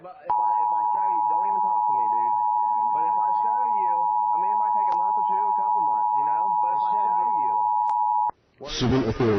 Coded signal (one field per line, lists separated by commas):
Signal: Emergency Alert System (SAME) tones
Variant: 853 and 960 Hz attention tone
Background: speech